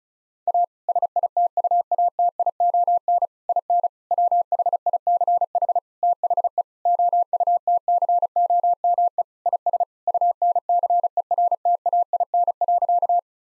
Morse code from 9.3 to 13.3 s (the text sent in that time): IS UNCERTAIN.